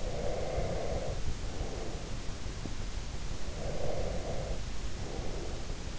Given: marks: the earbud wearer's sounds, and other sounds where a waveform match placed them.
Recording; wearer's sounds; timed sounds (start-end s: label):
sounds in sleep by an in-ear microphone; breath
0.02-2.34 s: breath
3.40-5.74 s: breath